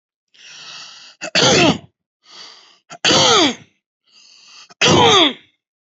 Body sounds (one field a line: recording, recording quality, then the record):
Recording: heavy voluntary cough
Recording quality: excellent, no background noise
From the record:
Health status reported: healthy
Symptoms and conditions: diabetes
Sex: male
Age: 50 years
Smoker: yes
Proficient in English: yes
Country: India